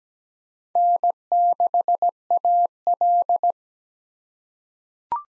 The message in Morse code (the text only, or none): N6AL